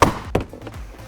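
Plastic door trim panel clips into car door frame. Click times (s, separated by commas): 0.0 s, 0.3 s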